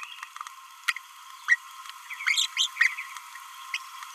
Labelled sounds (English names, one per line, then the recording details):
Green-rumped Parrotlet babbling
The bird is a female
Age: 26 days
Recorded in a nest box in Venezuela
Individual 17B31A3